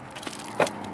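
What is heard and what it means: A trim piece with a broken retaining clip on a 1993 Mercedes-Benz 600SEL W140 V12 sedan is pushed back into its mounting slot on the car. Two short clicks sound at 0.3 and 0.6 seconds, the second louder and broader. The piece clicks into place, but without the broken clip it may not be fully retained.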